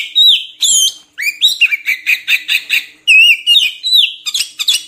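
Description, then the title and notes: Oriental magpie-robin song: fluty whistles alternating with rapid rhythmic chattering notes, several per second, forming a lively continuous phrase. Long-duration filler (isian) song recording used to train magpie-robins to sing actively day and night. "Kacer Jadi Gacor Siang Malam. Isian Kacer Durasi Panjang"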